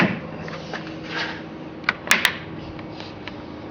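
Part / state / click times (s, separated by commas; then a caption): plastic vehicle emblem into its mounting holes on the grille / seated / 1.9 s, 2.1 s, 2.3 s. A Plasti Dipped GMC plastic emblem is lined up on its two tabs and alignment hole, then pressed back onto its mounting holes on the grille. Sharp plastic clicks at 1.9, 2.1 and 2.3 seconds stand out over a low steady hum. The clips engage and the emblem snaps into place, seated.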